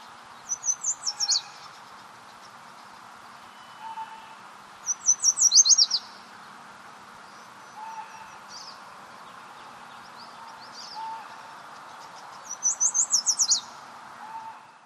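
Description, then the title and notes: Yellow warbler singing three quick, sweet, high warbled phrases, spaced several seconds apart, with softer notes in the gaps. Singing repeatedly while foraging in a salmonberry thicket along Lincoln Street, Sitka, early morning, 24 May 2010, spring. "This Yellow Warbler (Dendroica petechia) was singing repeatedly while foraging in a salmonberry thicket along Lincoln Street early in the morning on 24 May 2010."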